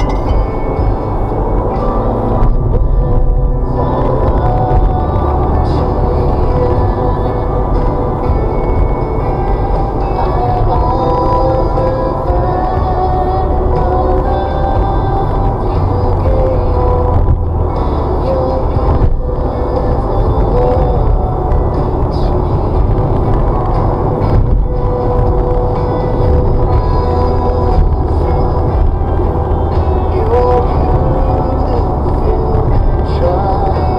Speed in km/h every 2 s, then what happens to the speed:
68, 77, 81, 77, 76, 76, 76, 76, 76, 76, 77, 77, 77, 77, 76, 77, 77.
0-3 speeds up to 81. 3-34 steady at about 77.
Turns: none.